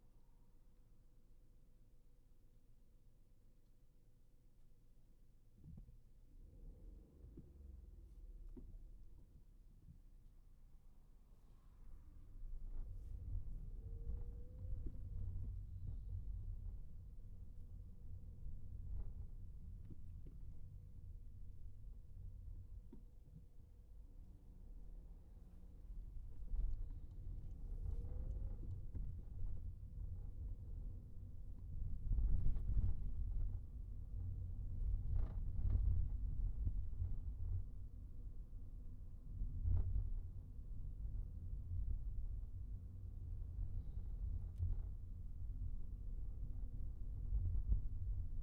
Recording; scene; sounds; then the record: everyday scene through a hearing-aid microphone; in a vehicle; engine, highway traffic jam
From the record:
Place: Skoda Fabia, gasoline engine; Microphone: behind the ear, right, front